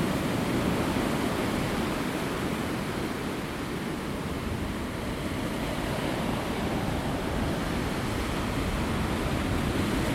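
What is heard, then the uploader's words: The sea keeps up a steady, dense roar throughout, heavy in the low rumble with a grainy hiss spread above it. There are no separate wave crashes; the wash dips slightly around the middle before building back up, sounding continuous. Ireland - Hook Head Lighthouse. Background sound "Clevedon Sea soundscape 2" by turbostream.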